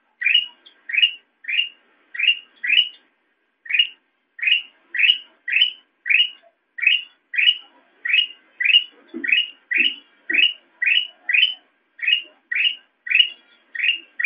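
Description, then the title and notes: Sooty-headed bulbul repeating a short rising chirp about twice a second in a steady run, with a brief gap near the start and a few faint low knocks. Intended for masteran, tutoring other songbirds to copy the call. "suara burung kutilang buat masteran"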